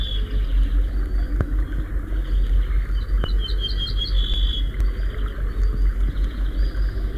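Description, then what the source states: Ortolan Bunting song: a short run of several clear, ringing notes followed by a longer drawn-out note, over a low steady traffic rumble. Song similar to the Yellowhammer's but rougher and shorter; the same bird has changed its melody, which the Yellowhammer cannot do.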